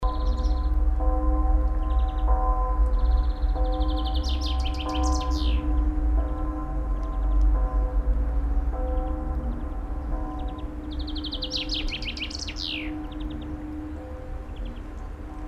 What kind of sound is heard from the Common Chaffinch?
song